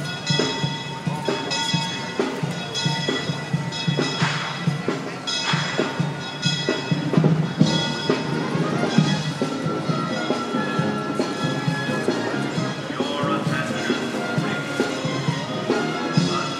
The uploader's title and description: Town Square Sounds with the Disneyland Band. Town Square during a pleasant and warm afternoon as the Disneyland Band walks by and the Disneyland Railroad arrives and departs Main Street Station